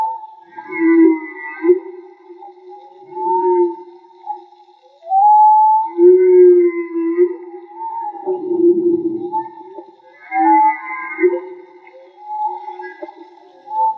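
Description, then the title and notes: Whale song in repeated phrases: low moans topped by high squealing notes, the pattern heard three times. Whale song, recorded in the field with DIY hydrophones. "CANTO DE BALLENAS MAGMA. Grabación de campo y construcción dehidrofonos DIY. Limpieza de audio."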